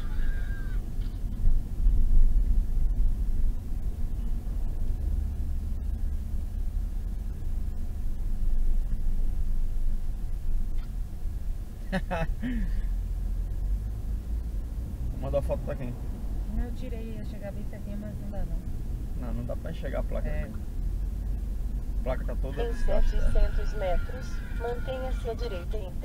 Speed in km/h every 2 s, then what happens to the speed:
27, 24, 20, 17, 14, 13, 15, 22, 24, 26, 24, 24, 24.
0-9 slows to 13. 11-17 speeds up to 26. 17-26 steady at about 24.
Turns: none.